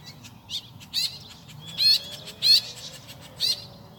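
Woodswallow calls: short, harsh, buzzy chirps given singly at irregular intervals.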